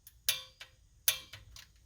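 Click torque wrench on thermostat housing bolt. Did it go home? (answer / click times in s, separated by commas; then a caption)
yes / 0.3 s, 1.1 s. A torque wrench set to 25 ft-lb is clicked on the thermostat housing bolt of a 1978 Monte Carlo, to confirm the torque. Two distinct loud clicks are heard at 0.3 s and 1.1 s, each with fainter ticks around it. The torque is confirmed.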